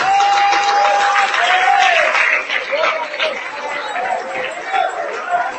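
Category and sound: crowd, audience applause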